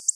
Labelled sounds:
Black-throated Blue Warbler (Setophaga caerulescens) flight call

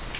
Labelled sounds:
Grace's Warbler (Setophaga graciae) flight call

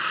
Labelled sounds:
Yellow Warbler (Setophaga petechia) flight call

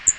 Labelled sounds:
Magnolia Warbler (Setophaga magnolia) flight call

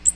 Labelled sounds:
Magnolia Warbler (Setophaga magnolia) flight call

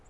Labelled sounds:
Lucy's Warbler (Leiothlypis luciae) flight call

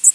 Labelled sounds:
Black-and-white Warbler (Mniotilta varia) flight call

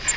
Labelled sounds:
Grace's Warbler (Setophaga graciae) flight call

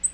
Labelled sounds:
Black-throated Green Warbler (Setophaga virens) flight call

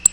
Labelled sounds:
Black-throated Blue Warbler (Setophaga caerulescens) flight call

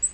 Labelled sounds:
Black-throated Green Warbler (Setophaga virens) flight call

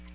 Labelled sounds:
American Redstart (Setophaga ruticilla) flight call

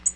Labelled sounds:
Tennessee Warbler (Leiothlypis peregrina) flight call

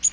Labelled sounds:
Bay-breasted Warbler (Setophaga castanea) flight call

